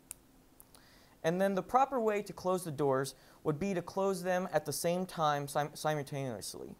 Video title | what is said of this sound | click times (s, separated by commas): REVConnect Tip Clip - Closing Plug Doors | first step we want to go ahead and insert the core into the plug until it snaps and then | 0.1 s